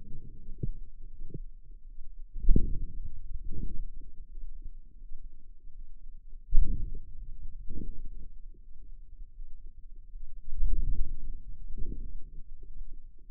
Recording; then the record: forearm muscle sounds (acoustic myography)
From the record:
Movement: hand closing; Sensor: system 2, bracelet of six BSWA MPA416 microphones around the upper forearm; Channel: 4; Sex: female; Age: 23 years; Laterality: right